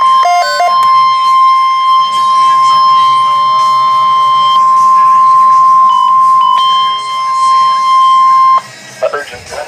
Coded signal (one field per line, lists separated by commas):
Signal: Emergency Alert System (SAME) tones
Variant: 1050 Hz attention tone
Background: speech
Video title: some EAS alert not too much ¯\_(ツ)_/¯ | EAS #38 - 52